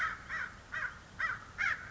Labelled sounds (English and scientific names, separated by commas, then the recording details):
American Crow (Corvus brachyrhynchos)
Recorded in Sonoma County, California